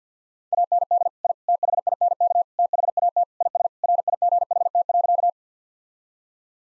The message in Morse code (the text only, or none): AND I THINK THAT IS RIGHT.